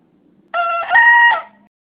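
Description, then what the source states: Green junglefowl hybrid (bekisar): green junglefowl hybrid crowing: one short two-part crow, a steady harmonic opening note rising into a louder, drawn-out second note that drops at the end. Bekisar (green junglefowl hybrid), a young champion-prospect bird.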